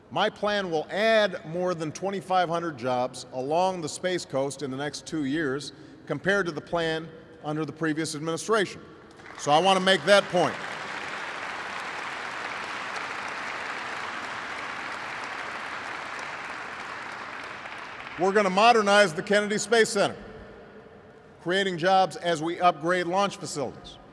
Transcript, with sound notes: my plan will add more than 2,500 jobs along the Space Coast in the next two years compared to the plan under the previous administration. So I want to make that point. (Applause.) We’re going to modernize the Kennedy Space Center, creating jobs as we upgrade launch facilities.